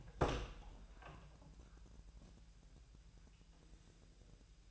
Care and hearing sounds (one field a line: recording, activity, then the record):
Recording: daily activity, microphone in the room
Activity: open door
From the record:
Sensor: 2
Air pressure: 1001.1 hPa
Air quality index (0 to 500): 249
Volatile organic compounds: 92 ppm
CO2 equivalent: 3696 ppm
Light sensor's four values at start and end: 10/24/10/10 and 10/24/10/10